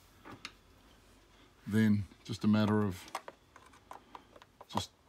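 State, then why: Seated. A plastic laser lens cover is slid into its two slots in the laser housing of a Kapex miter saw and pushed up with a finger until it seats. A single sharp click at 0.4 s marks it snapping into place, and someone talks afterward over a few faint taps.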